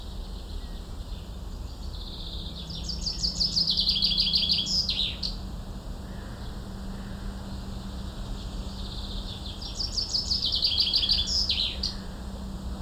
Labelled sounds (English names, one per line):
Common Chaffinch